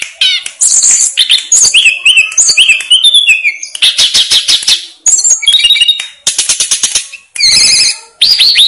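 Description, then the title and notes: Snowy-browed flycatcher song, a fast dense run of high chirps, trills and slurred whistles, with short pauses between bursts. Master song used for training cage birds. "Masteran Tledekan Gunung Sikatan Gunung. BURUNG TLEDEKAN"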